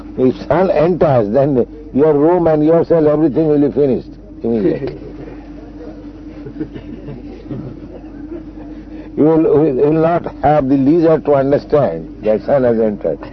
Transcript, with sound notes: If sun enters, then your room and yourself, everything will be finished, immediately. (laughter) You’ll not have the leisure to understand that sun has entered.